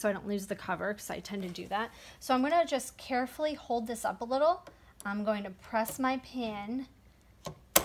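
A marker pen, with its cap kept on, is pressed down into the accessory clamp of a Cricut Explore Air 2 cutting machine while someone talks. A sharp click at 7.8 s marks the pen seating in the holder.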